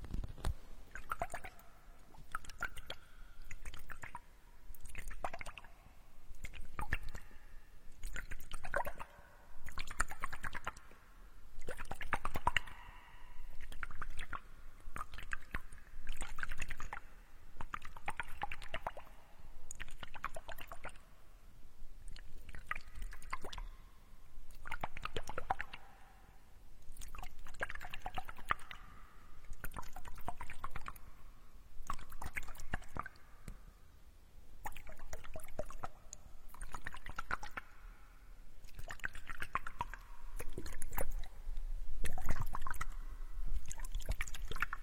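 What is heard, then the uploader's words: Wet water sounds in an ear spa: gurgling, squishing bursts of flowing liquid come every second or two, each rising and falling. Sharp little clicks and drips pop in between, over a soft, steady low rumble throughout. Water flow sound picking ear spa.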